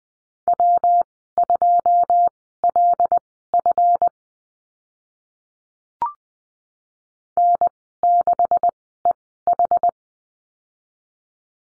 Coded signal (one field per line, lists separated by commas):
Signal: Morse code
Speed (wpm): 20 wpm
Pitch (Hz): 700 Hz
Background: none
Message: W2LF N6EH